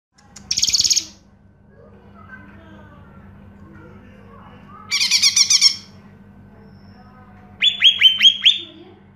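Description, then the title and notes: Greater green leafbird song: a buzzy harsh burst, a rattling chatter, then a series of quick sharp whistled notes over a faint low hum. Recording intended as a master song for training caged birds. "Suara Burung Cucak Ijo. mantap buat masteran burung cak ijo"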